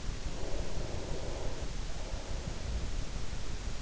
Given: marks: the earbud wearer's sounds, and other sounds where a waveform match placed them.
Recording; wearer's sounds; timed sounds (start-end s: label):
sounds in sleep by an in-ear microphone; breath
0.25-3.47 s: breath